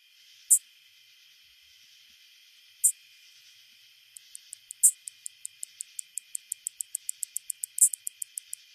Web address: Songs of Insects. Greater Anglewing